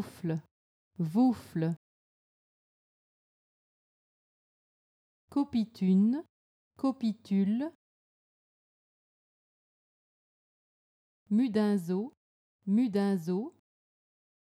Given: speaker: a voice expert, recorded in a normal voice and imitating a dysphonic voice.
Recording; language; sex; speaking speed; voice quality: pseudo-word pairs; French; female; normal speed; normal voice